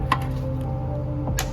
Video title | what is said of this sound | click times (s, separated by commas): Automatic Transmission Service | That locks into place, | 1.4 s